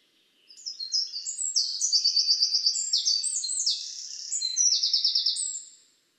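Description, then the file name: Eurasian wren, loud high song of rapid trills and sharp twitters, sustained for about five seconds before stopping. "Troglodytes troglodytes"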